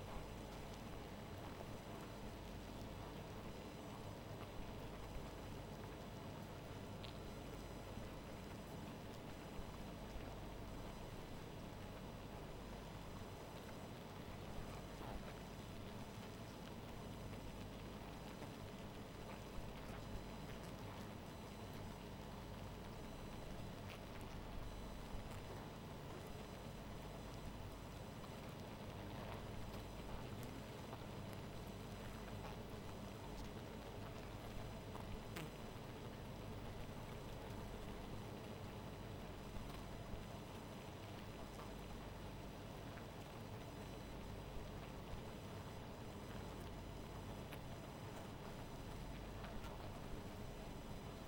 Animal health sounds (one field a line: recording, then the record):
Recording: honeybee colony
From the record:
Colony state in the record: missing queen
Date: 14 July 2017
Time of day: 0:42